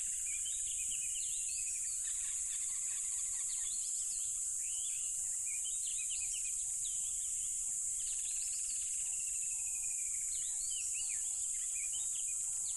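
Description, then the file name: Cricket chorus as an unbroken high-pitched shimmer, with varied bird whistles and rising chirps scattered through. Loud crickets beside a tropical river. "smartsound ATMO NATURE Tropical River Loud Crickets"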